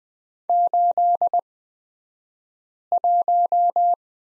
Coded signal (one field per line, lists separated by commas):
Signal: Morse code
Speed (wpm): 20 wpm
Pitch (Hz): 700 Hz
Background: none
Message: 81